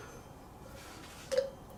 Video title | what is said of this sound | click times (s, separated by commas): Vulcan 1600 Classic - Removal Balance and Mounting New Tires | he'll kind of fall in and kind of lock into place and then | 1.3 s